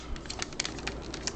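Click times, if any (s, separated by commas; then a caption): 0.6 s. A plastic part of a transforming toy figure is lined up and pushed into its locking slot on the figure. Among several light plastic taps and rattles, a crisp plastic click sounds at 0.6 s as the part locks into place and is seated.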